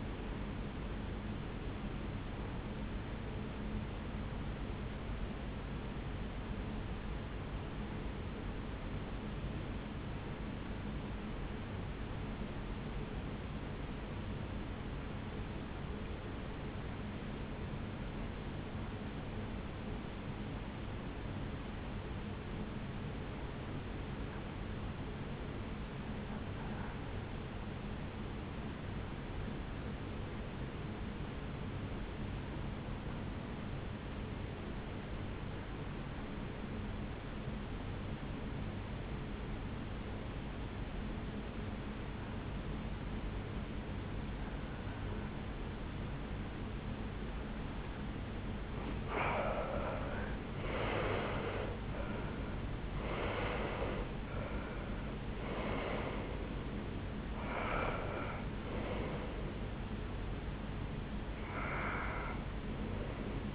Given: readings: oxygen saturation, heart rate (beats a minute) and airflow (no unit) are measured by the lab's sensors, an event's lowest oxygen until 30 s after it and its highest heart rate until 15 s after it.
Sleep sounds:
breathing in sleep by a voice recorder at the bedside; 1
7.00-52.90 s: hypopnea (REM, oxygen 92% highest, then 76% lowest, heart rate 67 at the start, 82 highest)
From the record:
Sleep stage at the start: REM sleep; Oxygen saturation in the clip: 78 to 92%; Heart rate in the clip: 66 to 82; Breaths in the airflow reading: 11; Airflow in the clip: -12.0 to 8.4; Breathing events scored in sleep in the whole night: 449 in 7.0 hours asleep

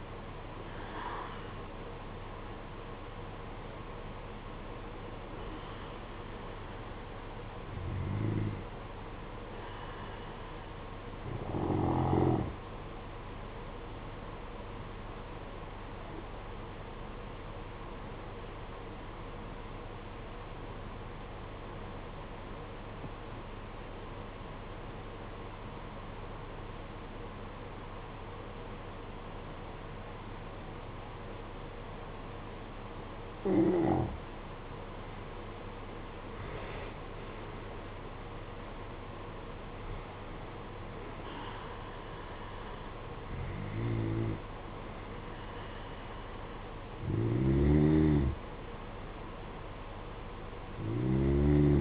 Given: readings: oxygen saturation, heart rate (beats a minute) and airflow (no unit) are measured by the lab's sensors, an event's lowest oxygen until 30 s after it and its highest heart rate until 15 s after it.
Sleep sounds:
breathing in sleep by a voice recorder at the bedside; 1
6.00-36.00 s: new sleep stage, N1 (lightest sleep)
18.00-34.90 s: obstructive apnea (N1, oxygen 95% highest, then 87% lowest, heart rate 51 at the start, 61 highest)
36.00-51.81 s: new sleep stage, N2 (light sleep)
From the record:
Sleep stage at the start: N2 (light sleep); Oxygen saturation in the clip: 86 to 95%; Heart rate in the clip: 50 to 61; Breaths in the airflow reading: 8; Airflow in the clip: -16.4 to 17.8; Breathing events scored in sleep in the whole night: 476 in 9.7 hours asleep

